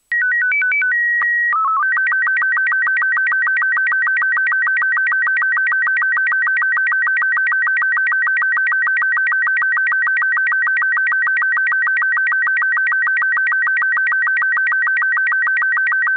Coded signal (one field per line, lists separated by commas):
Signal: SSTV (slow-scan television)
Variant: Robot 36